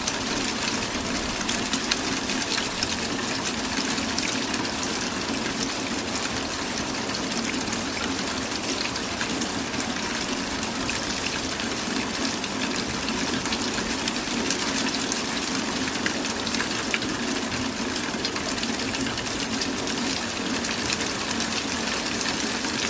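Steady falling rain, a dense, even hiss spread across the whole range with countless fine patters and no pauses for the full length. It sounds close and constant, with a low rushing undertone like runoff or gushing water beneath the bright spatter.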